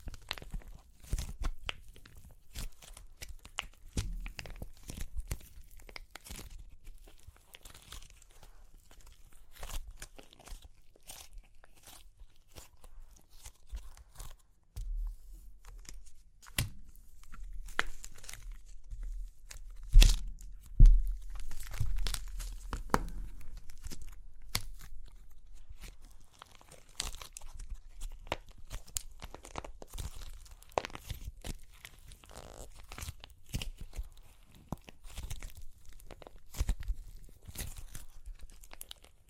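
Dry clay cracks and crunches in dense, irregular bursts of sharp snaps and crumbling that run without a break. The crunching thickens and grows louder around the middle, peaking near twenty seconds, then settles back into steady crackling. A low rumble sits underneath throughout.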